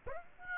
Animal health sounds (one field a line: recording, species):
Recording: mosquito wingbeat signal from an infrared sensor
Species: Aedes aegypti